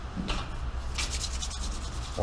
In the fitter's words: sanki yerine oturmadı gibi bir durumu var onun